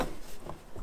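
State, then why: Not seated. The wiring connector is handled as it is put back onto a new xenon headlight bulb on a Land Rover Discovery 3 / LR3, to be pushed on until it seats. Soft rubbing and handling noises are heard, with one brief sharp sound at about 0.5 s. Nothing has seated or clicked yet.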